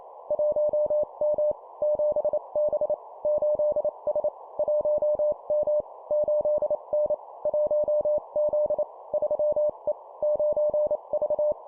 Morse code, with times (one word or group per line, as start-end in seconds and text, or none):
0.3-1.5 1M
1.8-2.9 7B
3.2-4.3 8S
4.6-5.8 1M
6.1-7.1 8N
7.5-8.8 1Z
9.1-9.9 3E
10.2-11.5 9V